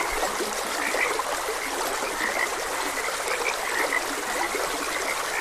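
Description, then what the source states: Many frogs croak together in rapid short notes, accompanied by gently rushing water. Frogs croaking beside a gentle stream.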